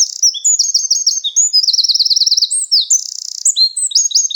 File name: Troglodytes troglodytes